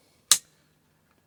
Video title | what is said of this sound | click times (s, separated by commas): RELIFE RL-605 Pro Motherboard Fixture - first impressions | and then when you release it it locks | 0.3 s